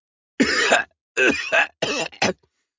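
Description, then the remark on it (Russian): A harsh, violent coughing fit after a first breath of icy air: about five loud, raspy bursts in quick, uneven succession, the first one long and strained, the rest shorter and choppier, with no speech. “Заливаюсь кашлем, что приносит мне новые, еще более яркие и совсем неприятные ощущения.”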